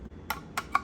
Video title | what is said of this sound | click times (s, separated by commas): Marshalls Kitchen Find! Can This Rotary Grater Really Make Puerto Rican Pasteles Easier? | Insert, push down and snap. | 0.8 s